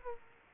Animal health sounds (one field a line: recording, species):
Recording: mosquito wingbeat signal from an infrared sensor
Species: Aedes aegypti